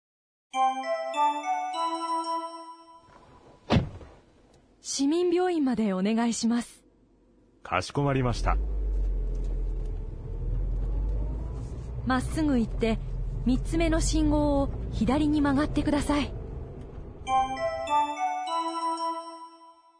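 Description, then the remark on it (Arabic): A steady low engine rumble and road noise of a taxi ride run beneath two people talking, a student and a university dormitory supervisor riding to a hospital, framed by a short bright chiming jingle at the start and end. “بطلة القصة هي الطالبة التايلاندية أنا، وقد استيقظت في الصباح وأحست بالتعب ووجدت أن حرارتها مرتفعة، وستذهب الآن مع مشرفة السكن الجامعي إلى مستشفى بالتاكسي.”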